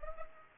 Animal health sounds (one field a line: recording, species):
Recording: mosquito wingbeat signal from an infrared sensor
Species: Culex pipiens